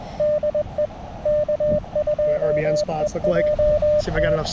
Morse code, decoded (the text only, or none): DE K2EJT